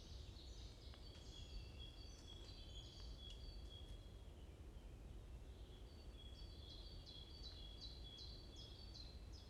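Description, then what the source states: Bird chirping: high thin whistles at first, followed by a repeated series of quick descending chirps, with steady low background rumble. Morning birds chirping in a forest at Watermaal-Bosvoorde, Brussels, Belgium; peaceful atmosphere; recorded with an AMBE VR microphone.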